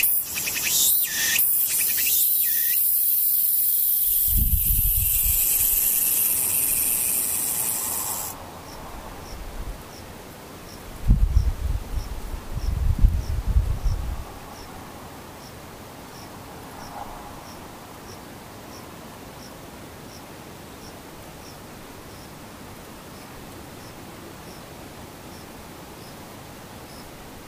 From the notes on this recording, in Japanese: ほぼ無音 後半ムシ